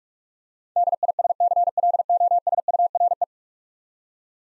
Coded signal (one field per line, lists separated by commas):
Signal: Morse code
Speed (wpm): 44 wpm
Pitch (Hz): 700 Hz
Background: none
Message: DISCLOSURE